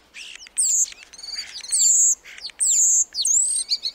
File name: black starling sound